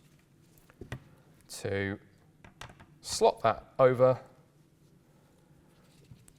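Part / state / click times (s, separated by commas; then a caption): briefcase mounting latch onto submachine gun receiver lugs / not seated / none. A briefcase mount is slotted over the receiver lugs of an MP5K submachine gun and positioned, with light taps and knocks around 0.6–0.9 s and 2.5–2.6 s while someone talks. Nothing has seated or clicked yet; the lever that locks the mount home has not been pulled.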